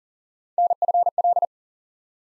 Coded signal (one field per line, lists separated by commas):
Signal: Morse code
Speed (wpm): 41 wpm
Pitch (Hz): 700 Hz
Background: none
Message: NFL